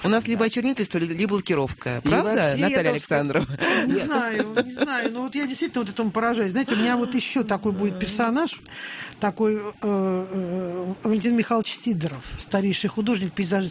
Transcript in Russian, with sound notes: У нас либо очернительство, либо лакировка. Правда, Наталья Александрова? (Смеется)
Не знаю, не знаю. Но вот я действительно вот этому поражаюсь. Знаете, у меня еще такой будет персонаж - такой Валентин Михайлович Сидоров, старейший художник-пейзажист.